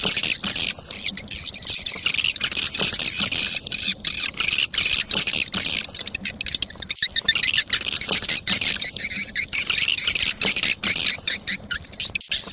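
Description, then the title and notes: Swiftlet chirps, shrill and buzzy, pouring out in quick bursts with brief gaps, forming an almost unbroken high twittering stream throughout. Sound used in swiftlet farming in Asia. "Swiflet Bird Sound. Farming Swiflet Bird asia sound"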